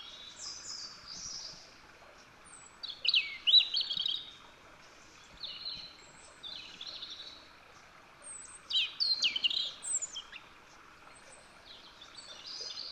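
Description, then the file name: European robin song, several high, fluid warbling phrases with rapid sliding notes, separated by pauses. "Erithacus rubecula"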